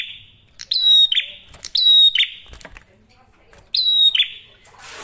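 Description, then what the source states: Prinia giving three high, buzzy, downward-sliding phrases separated by short pauses, with a brief hiss of noise at the end. Masteran tutor audio for training songbirds; prenjak merah singing actively with a clear voice.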